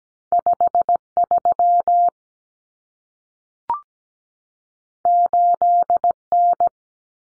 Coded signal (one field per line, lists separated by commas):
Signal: Morse code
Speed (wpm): 17 wpm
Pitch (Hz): 700 Hz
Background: none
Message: 53 8N